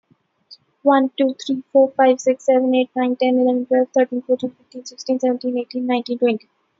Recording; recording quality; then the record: counting at a fast pace; excellent, no background noise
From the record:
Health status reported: healthy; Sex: female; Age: 25 years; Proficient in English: yes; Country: India